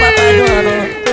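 A loud, drawn-out tiger-style roar lasting about a second, strongly tonal and fairly high-pitched, with a slightly wavering cry-like quality and no talking over it.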